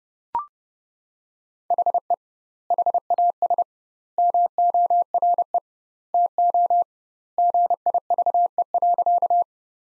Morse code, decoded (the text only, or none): HE HAS MORE TO GIVE.